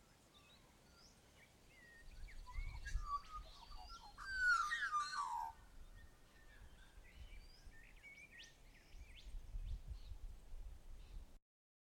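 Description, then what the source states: Australian magpie song, a loud mix of fluting and harsh notes in a short burst midway, with scattered softer notes and low rumbling background noise. Recorded early, at Tilba.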